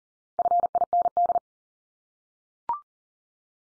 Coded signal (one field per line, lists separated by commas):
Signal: Morse code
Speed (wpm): 40 wpm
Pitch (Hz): 700 Hz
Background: none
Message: FIND